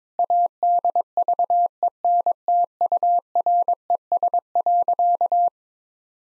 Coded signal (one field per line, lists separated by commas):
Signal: Morse code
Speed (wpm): 22 wpm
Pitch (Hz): 700 Hz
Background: none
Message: ADVENTURES.